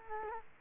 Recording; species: mosquito wingbeat signal from an infrared sensor; Culex quinquefasciatus